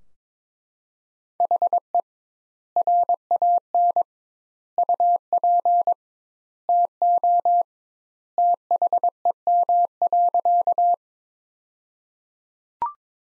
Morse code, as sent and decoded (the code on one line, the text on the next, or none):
.... . / .-. .- -. / ..- .--. / - --- / - .... . -- .-.-.-
HE RAN UP TO THEM.